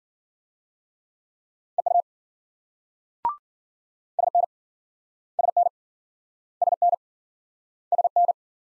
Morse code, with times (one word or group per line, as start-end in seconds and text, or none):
1.8-2.0 EU
4.2-4.4 SN
5.4-5.7 SN
6.6-6.9 SN
7.9-8.3 SN